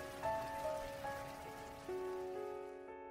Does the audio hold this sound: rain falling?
yes